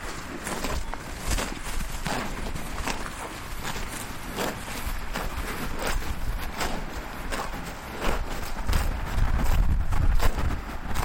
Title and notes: Fressende Kühe, Wiese in Kruchenhausen (Chiemgau). Kruchenhausen ist ein Ortsteil von Unterwössen (Chiemgau/Oberbayern)